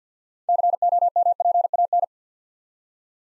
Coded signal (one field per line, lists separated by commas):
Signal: Morse code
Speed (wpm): 50 wpm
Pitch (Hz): 700 Hz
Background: none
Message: COMPAN